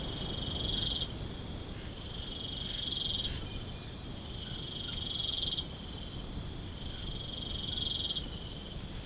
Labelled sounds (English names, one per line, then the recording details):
none
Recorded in pastures near Puerto Asís, Putumayo, Colombia, on 21 March 2025 at 02:30
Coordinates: 0.497, -76.327
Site G072